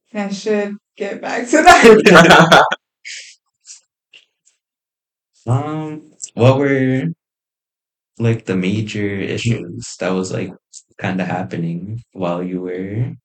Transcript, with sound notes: And I should get back to that [laughs]
What were like the major issues that was like, kind of happening while you were,